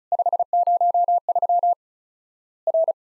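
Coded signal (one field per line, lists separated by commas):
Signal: Morse code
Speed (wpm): 36 wpm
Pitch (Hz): 700 Hz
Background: none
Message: 503 R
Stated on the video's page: Morse practice at 35 wpm simulating Worked All Europe DX Contest QTC exchanges, with random misses and repeat requests; each exchange sent, spoken, then resent.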